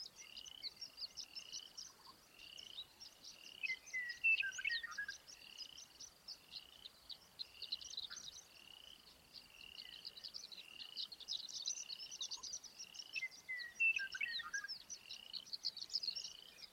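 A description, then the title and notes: Dusk on the Pawnee grassland: a steady chorus of frogs and insects, with short bright chirps repeating at an even pace, nearly one per second, over a dense high trill. A bird call with a falling note appears around four seconds and again near fourteen. The Gloaming at Pawnee. This soundscape was captured May 21st, 2023 at Pawnee National Grassland.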